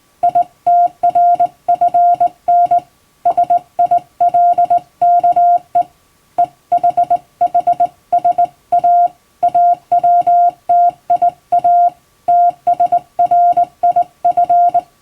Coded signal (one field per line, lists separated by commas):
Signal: Morse code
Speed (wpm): 21 wpm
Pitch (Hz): 700 Hz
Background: none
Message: ITRFN SILKE EHHSA AWTIA TSRIF